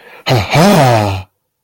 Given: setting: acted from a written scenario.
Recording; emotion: vocal sound without words; triumph